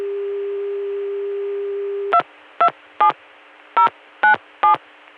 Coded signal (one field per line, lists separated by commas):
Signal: DTMF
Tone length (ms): 110 ms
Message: 227097